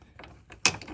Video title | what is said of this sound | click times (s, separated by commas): Buick Lucerne Radiator Replacement How-To | like i said it should just snap right in | 0.7 s